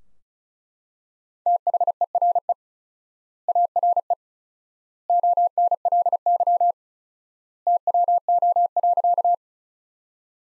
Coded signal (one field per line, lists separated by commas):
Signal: Morse code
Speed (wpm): 36 wpm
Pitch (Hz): 700 Hz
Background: none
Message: THERE ARE ONLY TWO.